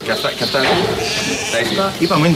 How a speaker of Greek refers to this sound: Και αυτά είναι. Είπαμε είναι τα πρόβατα.